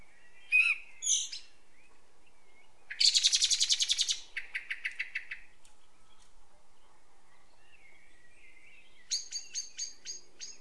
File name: Turdus merula